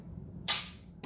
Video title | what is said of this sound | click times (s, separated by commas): BCL SRV2 Siberian first look | a chamber check and you release the bolt slowly it's not chambered there you go you hear that last little click | 0.5 s